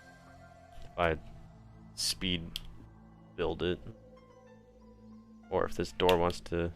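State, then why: Not seated. A plastic LEGO door piece is being handled and pushed onto its brick hinge mount in the Assembly Square (10255) building set while someone talks over faint background music. Nothing has seated or clicked yet; the door has not snapped into place by the end of the clip.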